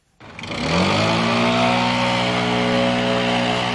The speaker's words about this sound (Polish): Tymczasem niektóre miasta wydały zakaz używania spalinowych dmuchaw. Po zdaniem władz miejskich i ekologów, taki mechaniczny sposób zamiatania liści powoduje duże zapylenie i przyczynia się do wzrostu stężenia smogu.